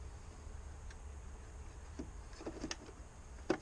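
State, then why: Not seated. Replacement mirror glass with a plastic backing plate and clip tabs is handled against the side mirror housing of a 2011 F250. A low steady hum runs underneath a few soft scrapes and sharp ticks, the loudest near 2.7 and 3.6 seconds. The glass has not seated or clicked into the housing yet.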